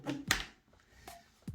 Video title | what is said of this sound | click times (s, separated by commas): Diary about Piloting - DJI MAVIC 3 PRO USAGE/INTRODUCTION | So once you hear the click, | 0.3 s